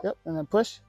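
A wiring harness connector is being pushed onto the back of a new American Modified LED taillight housing for a Jeep JT Gladiator. Someone talks briefly, and no click is heard. The connector has not seated or clicked yet.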